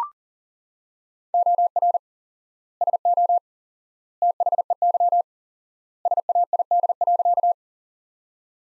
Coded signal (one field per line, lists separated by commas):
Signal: Morse code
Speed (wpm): 37 wpm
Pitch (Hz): 700 Hz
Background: none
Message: OR SO THEY SAID.